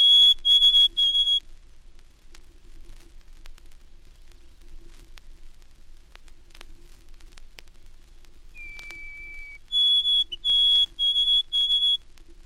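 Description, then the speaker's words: White-throated Sparrow song: pure whistled notes repeated in quick even series, a lower long held whistle, then another run of steady repeated whistles over faint hiss. Summer neighbor of hermit and olive-backed thrushes; also heard on migration in the south. "A summer neighbor of the hermit and olive-backed thrushes is the white-throated sparrow. It can be heard also on migration in the south."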